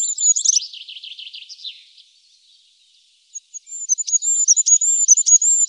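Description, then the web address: Goldcrest song, high, thin trilling at the start, then a pause, then a quick series of very high, sharp notes. "Faglar Sound Kungsfagel"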